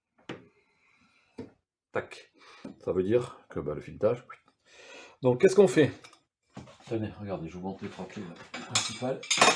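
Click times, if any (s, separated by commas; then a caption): 0.3 s. A threaded cap on a threaded fitting is turned onto its thread and jumps a thread with a sharp clack at 0.3 s, so the thread is stripped. A fainter knock follows at about 1.4 s, and then someone talks for the rest of the clip.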